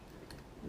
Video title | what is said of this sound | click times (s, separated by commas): How To Install Schlage TouchScreen Keyless DeadBolt Lock BE375 V CAM 716 | kind of click that in there all right so we I guess we should have done that before | 0.3 s